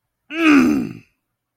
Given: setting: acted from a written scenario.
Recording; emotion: vocal sound without words; anger